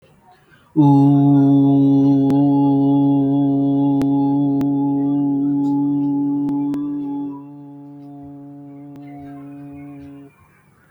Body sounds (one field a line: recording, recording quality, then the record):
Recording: sustained vowel as in boot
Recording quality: excellent, no background noise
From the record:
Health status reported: healthy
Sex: male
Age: 21 years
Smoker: no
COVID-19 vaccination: both doses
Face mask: not worn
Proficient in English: yes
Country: India